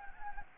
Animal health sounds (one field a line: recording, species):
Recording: mosquito wingbeat signal from an infrared sensor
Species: Anopheles gambiae